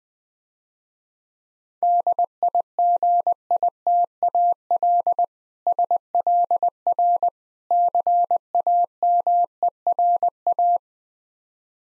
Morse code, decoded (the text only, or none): DIGITAL SLR CAMERA